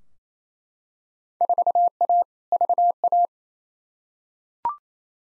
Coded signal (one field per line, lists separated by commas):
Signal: Morse code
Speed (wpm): 27 wpm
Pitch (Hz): 700 Hz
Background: none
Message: 4A VA